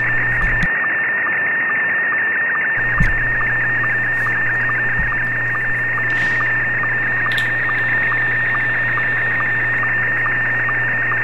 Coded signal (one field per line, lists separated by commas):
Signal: SSTV (slow-scan television)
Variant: Scottie 1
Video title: SDRuno v1.40.2 BCS Black Cat System plugin.